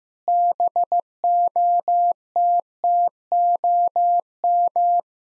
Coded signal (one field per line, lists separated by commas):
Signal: Morse code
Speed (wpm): 15 wpm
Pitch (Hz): 700 Hz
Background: none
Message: BOTTOM